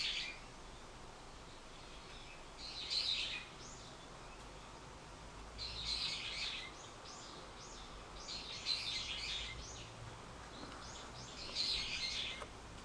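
Bird repeating short, high, jingling phrases about every three seconds, four clear phrases in all, with a soft steady hiss underneath.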